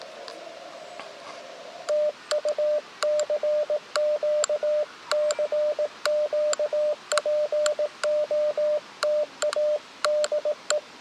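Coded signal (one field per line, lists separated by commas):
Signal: Morse code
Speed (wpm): 18 wpm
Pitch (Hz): 600 Hz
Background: radio noise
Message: TU CQ CQ POTA DE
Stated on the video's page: Beginner 18 WPM CW on 7 MHz during a POTA park activation, with poor propagation from ionospheric disturbance, using a fishing-pole antenna.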